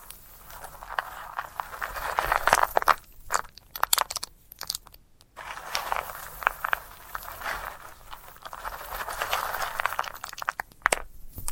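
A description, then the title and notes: A sunflower head is handled, giving dense, rapid crackling and rustling with brittle crunches that swell and fade in bursts. Quiet gaps break in around the 3-, 5- and 11-second marks. The scratching sounds dry and mostly mid-to-high pitched, with little low rumble. ASMR of a Sunflower Head (No Talking).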